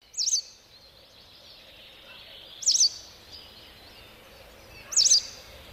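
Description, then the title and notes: White Wagtail calls: three high, wavering, chirpy notes, each slurred up and down, spaced about two and a half seconds apart over a steady background hiss. "Viikon luontoääni: Västäräkki. Juha Laaksonen. Yle"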